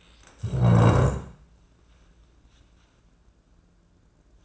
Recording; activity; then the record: daily activity, microphone in the room; stand up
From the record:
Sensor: 2